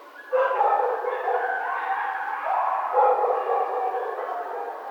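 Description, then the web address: Coyote howling, wavering tonal cries layered over one another, rising and falling continuously throughout. Recorded on 1 February 2010 at 22:00, at night. "Coyote 2010 02 01 22 howl"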